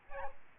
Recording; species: mosquito wingbeat signal from an infrared sensor; Aedes albopictus